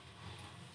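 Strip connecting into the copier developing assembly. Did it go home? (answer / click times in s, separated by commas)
no / none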